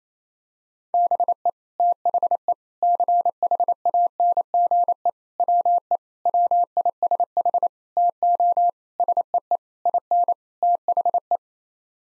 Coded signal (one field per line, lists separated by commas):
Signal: Morse code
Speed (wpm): 28 wpm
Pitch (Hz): 700 Hz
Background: none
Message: BE THE CHANGE WE WISH TO SEE IN THE